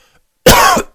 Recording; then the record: coughing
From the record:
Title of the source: Coughing 51